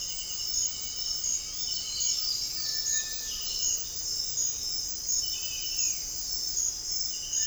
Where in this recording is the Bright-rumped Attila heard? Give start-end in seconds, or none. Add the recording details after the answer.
0.87-2.65. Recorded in dense forest near Puerto Asís, Putumayo, Colombia, on 20 February 2024 at 06:30. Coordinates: 0.481, -76.318. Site G6421